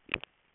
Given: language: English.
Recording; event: throat vibration sensor signal played as sound; swallow